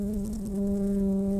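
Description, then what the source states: Brown-banded carder bee buzzing, a steady low droning hum holding one even pitch with overtones for the whole moment, no other sounds. Workers.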